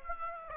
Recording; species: mosquito wingbeat signal from an infrared sensor; Aedes aegypti